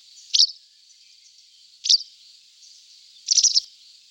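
White wagtail calls: two sharp, high single chirps about a second and a half apart, then a quick rapid cluster, over a faint steady hiss.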